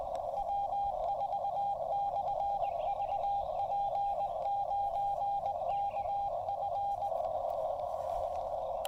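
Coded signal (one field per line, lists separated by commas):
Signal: Morse code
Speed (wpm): 22 wpm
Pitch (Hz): 800 Hz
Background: radio noise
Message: W4/VP9KF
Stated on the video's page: Morse from a quick QRP field activation on the Blue Ridge Parkway with a new radio.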